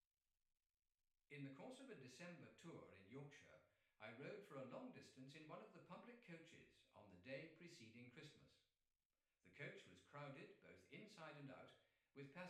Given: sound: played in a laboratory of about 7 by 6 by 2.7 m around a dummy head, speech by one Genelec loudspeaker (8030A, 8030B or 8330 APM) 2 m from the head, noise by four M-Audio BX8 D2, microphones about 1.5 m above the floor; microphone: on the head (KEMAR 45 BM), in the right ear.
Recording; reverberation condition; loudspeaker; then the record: male speech in English; medium; behind (180 degrees)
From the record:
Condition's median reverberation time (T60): about 510 ms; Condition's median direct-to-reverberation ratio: about -0.5 dB